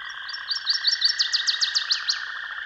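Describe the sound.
Northern waterthrush song: a series of sharp chirped notes, ending in quick downslurred sweeps, over a steady rushing background.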